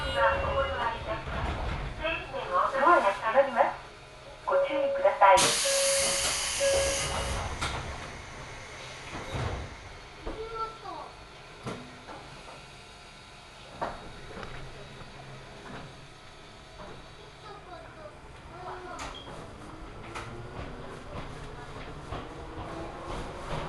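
A ride aboard an Ohmi Railway train, with a low steady rumble of the car throughout. Voices are heard in the first few seconds, then a loud hissing burst around five to seven seconds. Afterward the run settles into quieter rattling and occasional clicks.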